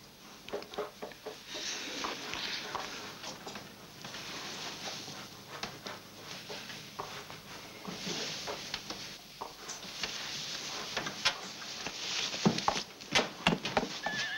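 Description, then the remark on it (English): A horse neighs amid steady clip-clopping of hooves, sharp repeated knocks over a busy, noisy animal background that grows louder near the end. “Take my horse to the stable.”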